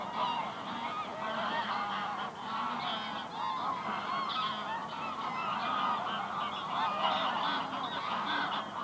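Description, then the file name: Goose chorus of many overlapping honks, a thick, unbroken wall of calling from a flock. Geese resting on the ice at the Hondenhemeltje in Venhuizen, Netherlands. "Ganzen rusten op het ijs bij het hondenhemeltje in venhuizen - De Auditieve Dienst"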